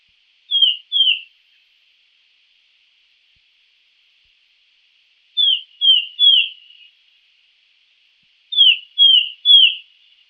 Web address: wroblowe ptaki melanochlora sultanea. wroblowe ptaki paridae